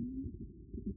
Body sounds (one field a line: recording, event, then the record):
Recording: neck accelerometer signal played as sound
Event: no cough (speech, laughter, throat clearing or background)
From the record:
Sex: male